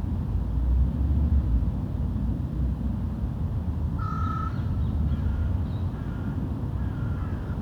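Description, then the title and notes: Crow giving one caw midway, followed by a few fainter calls over a steady low rumble. Wolvendael Park, Uccle, Belgium; park ambience; recorded with DPA 2006c microphones in AB position into SD Mixpre D and Sony PCM-M10. "Parc de Wolvendael, 1180 Uccle, Belgium - Corbeaux - Crows. Ambiance dans le parc, quelques oiseaux. Ambience in the park, some birds"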